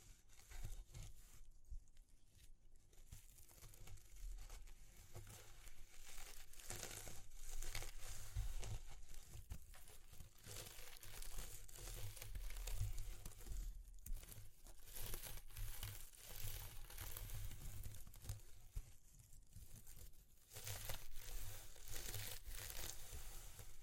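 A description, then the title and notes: Textures are handled throughout, with dense, irregular crinkling and crumpling that rustles almost without pause, bright and scratchy on top. Short sharper bursts, like tearing or crunching, come around 2, 8, 14 and 20 seconds, and a low rumble runs steadily underneath. ASMR Exploring Textures (No Talking).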